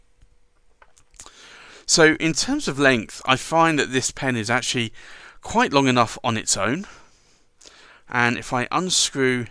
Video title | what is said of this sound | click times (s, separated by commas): BENU Charming Chameleon | where the cap actually clicks on and that's how how it clicks into place | 1.2 s